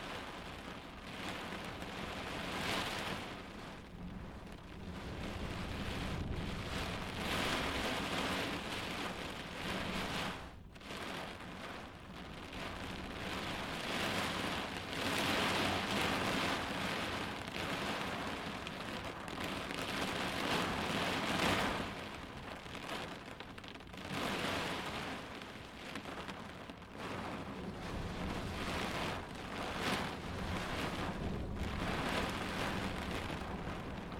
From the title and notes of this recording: Storm In Car. These relaxing sounds are coming to you from in the car.